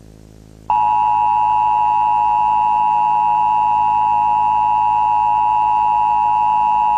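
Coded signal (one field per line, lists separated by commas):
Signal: Emergency Alert System (SAME) tones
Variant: 853 and 960 Hz attention tone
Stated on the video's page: EAS tones in a fictional scenario, not a real alert.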